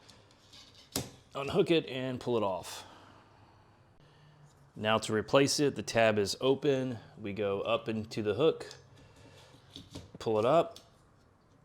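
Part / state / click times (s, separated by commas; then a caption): windshield wiper blade onto wiper arm hook / seated / 9.8 s. A new windshield wiper blade on a Lexus ES350, with its adapter tab open, is hooked onto the J-hook of the wiper arm and pulled up until it locks. Someone talks throughout, and a short, sharp snap at 9.8 s marks the blade seating onto the arm.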